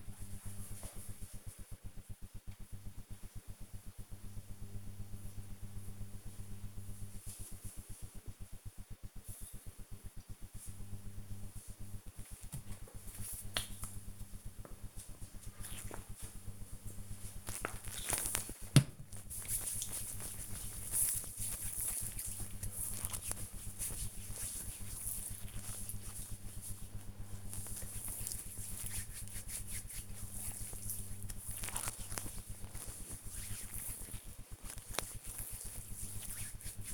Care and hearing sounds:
household activities, microphone on the right wrist
12.12-36.94 s: cream hands

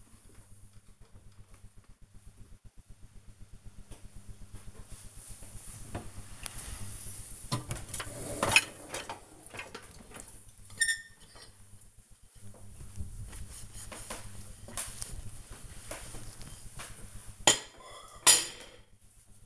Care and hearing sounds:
household activities, microphone on the right wrist
4.16-19.46 s: cleaning out the dishwasher

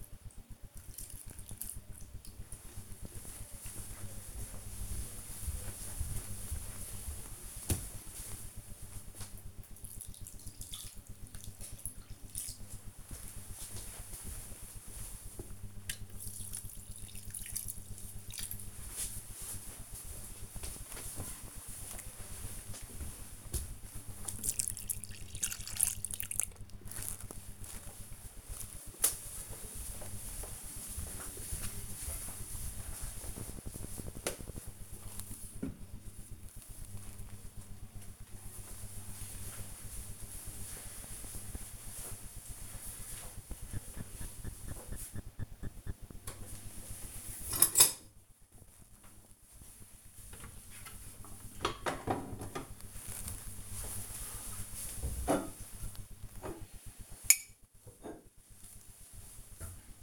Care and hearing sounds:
household activities, microphone on the right wrist
0.00-26.48 s: watering plant
45.58-60.03 s: putting away the dishes

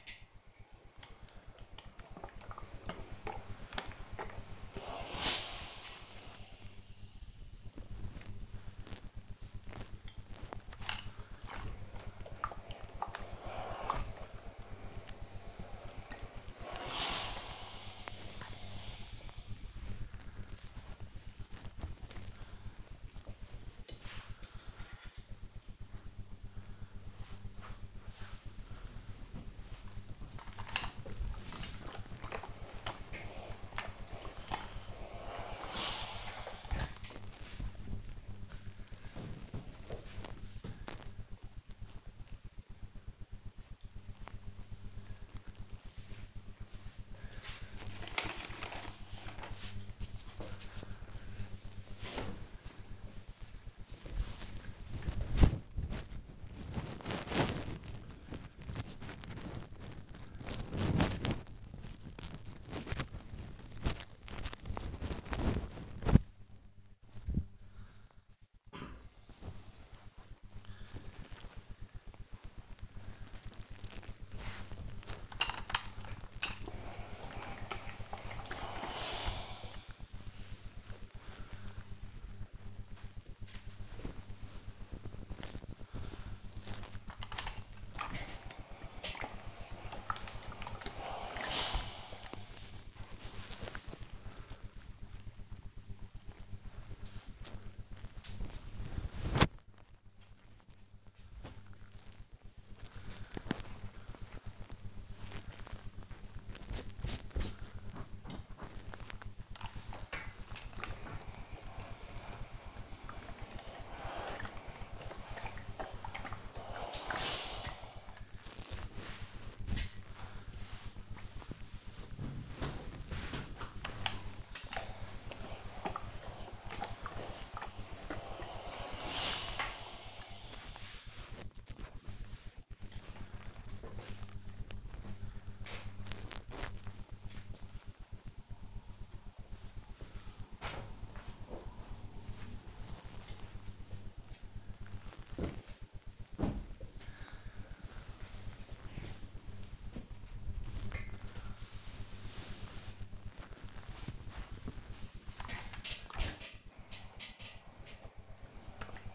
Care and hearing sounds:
household activities, microphone on the right wrist
0.00-38.58 s: ironing laundry
75.80-133.08 s: ironing laundry
152.20-159.14 s: ironing laundry

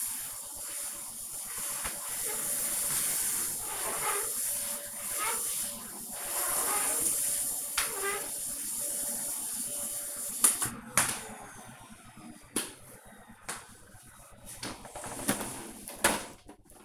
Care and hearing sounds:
household activities, microphone on the right wrist
0.00-9.89 s: vacuum cleaning

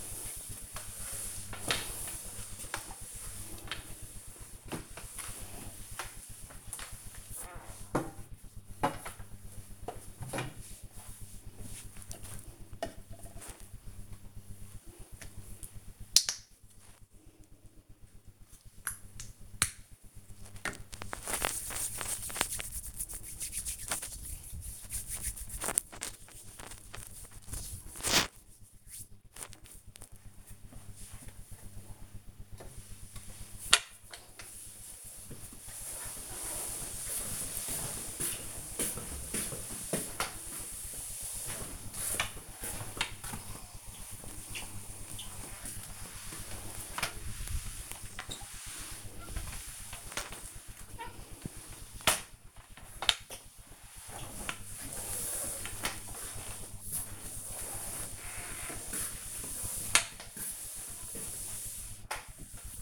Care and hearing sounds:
household activities, microphone on the right wrist
0.00-7.36 s: floor cleaning
13.40-28.52 s: disinfecting hands
32.54-62.81 s: floor cleaning

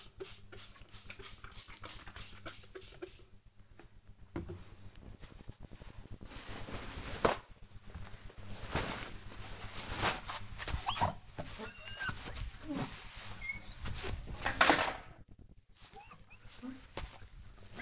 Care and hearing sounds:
household activities, microphone on the right wrist
0.00-17.82 s: window cleaning

